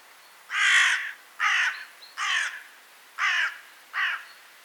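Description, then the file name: Carrion crow cawing five times, hoarse harsh caws spaced under a second apart, over steady background hiss. "Corvus corone"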